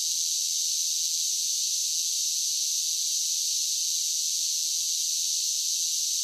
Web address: Blast Wave 5 1 5 1 SSFX Cicadas Sing. animal cicadas large group steady drone insects bugs